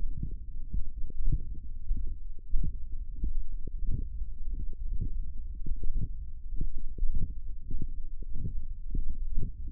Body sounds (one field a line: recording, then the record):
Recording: forearm muscle sounds (acoustic myography)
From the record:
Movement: wrist extension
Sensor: system 1, eight BSWA MPA416 microphones around the upper forearm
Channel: 8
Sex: male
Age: 23 years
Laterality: right